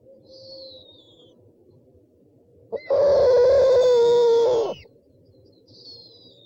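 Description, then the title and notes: Owl calls: a brief high falling whistle, then a loud, harsh, drawn-out rasping screech of nearly two seconds, followed by another faint high whistle. "Sovy - Eulen - Owls. 69 variant hlasů - 11 druhů sov"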